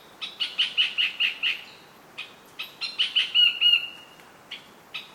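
Fantail giving quick runs of high squeaky chips, two main bursts with a few isolated notes between and after.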